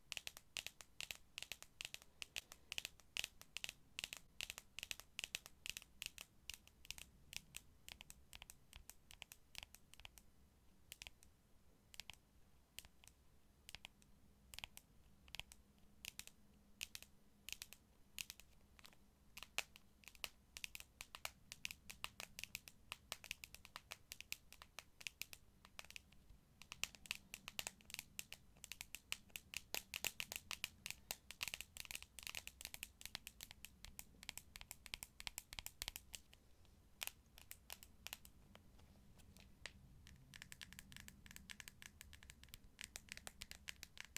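Dense, rapid tapping runs through the whole recording, a crisp clicking patter that speeds up and thins out in irregular bursts. The taps are bright, with a faint low hum underneath.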